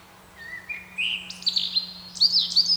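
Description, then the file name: Eurasian blackcap song beginning with soft whistled notes that climb in pitch into brighter, louder warbling phrases, with a faint steady hum beneath. "Sylvia atricapilla"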